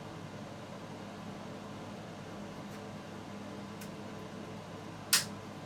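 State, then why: Seated. A fluorescent tube is inserted into the sockets of a light fixture and snapped into place. A steady fan-like hum runs throughout, with faint ticks near 2.7 and 3.8 seconds. A single sharp snap at 5.1 seconds marks the tube seating in the fixture.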